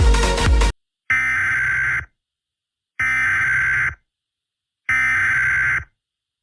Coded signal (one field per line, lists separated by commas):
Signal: Emergency Alert System (SAME) tones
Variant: header bursts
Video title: (Part 1) EAS Short Scenario 28 - Zombie Virus Apocalypse